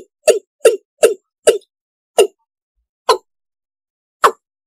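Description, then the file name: Frog knocking call: four quick pulses close together, then three more spaced increasingly apart, with silence between. "tieng ga dong"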